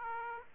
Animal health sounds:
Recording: mosquito wingbeat signal from an infrared sensor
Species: Aedes aegypti

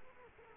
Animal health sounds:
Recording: mosquito wingbeat signal from an infrared sensor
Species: Culex quinquefasciatus

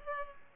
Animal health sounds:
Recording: mosquito wingbeat signal from an infrared sensor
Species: Culex pipiens

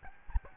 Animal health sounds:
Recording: mosquito wingbeat signal from an infrared sensor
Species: Aedes albopictus

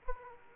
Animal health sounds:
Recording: mosquito wingbeat signal from an infrared sensor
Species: Aedes aegypti

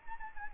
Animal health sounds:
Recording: mosquito wingbeat signal from an infrared sensor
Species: Anopheles arabiensis

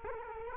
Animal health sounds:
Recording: mosquito wingbeat signal from an infrared sensor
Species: Culex quinquefasciatus

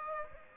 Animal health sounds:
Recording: mosquito wingbeat signal from an infrared sensor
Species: Aedes aegypti

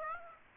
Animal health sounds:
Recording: mosquito wingbeat signal from an infrared sensor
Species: Aedes aegypti

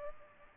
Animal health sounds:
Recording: mosquito wingbeat signal from an infrared sensor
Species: Aedes aegypti

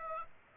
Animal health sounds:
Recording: mosquito wingbeat signal from an infrared sensor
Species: Aedes aegypti

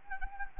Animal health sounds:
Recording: mosquito wingbeat signal from an infrared sensor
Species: Anopheles gambiae

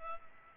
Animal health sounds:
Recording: mosquito wingbeat signal from an infrared sensor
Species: Culex pipiens

